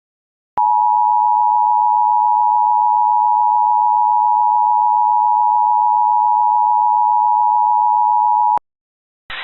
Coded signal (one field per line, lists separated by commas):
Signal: Emergency Alert System (SAME) tones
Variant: 853 and 960 Hz attention tone